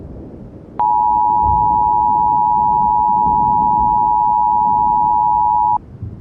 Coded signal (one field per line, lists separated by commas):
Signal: Emergency Alert System (SAME) tones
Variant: 853 and 960 Hz attention tone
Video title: EAS Scenario: Absolutely Radioactive Part 9 THE GRAND FINALE